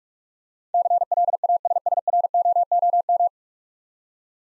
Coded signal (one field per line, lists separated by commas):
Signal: Morse code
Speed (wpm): 44 wpm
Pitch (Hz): 700 Hz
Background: none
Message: CLASSROOM